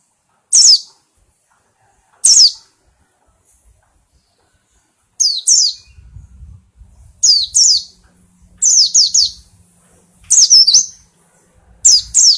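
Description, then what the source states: White-eye giving brief, high, downslurred chirps, single at first, then paired and more frequent, with low thumps in the background. Compilation of white-eye singing in the styles called ngalas and ngeroll.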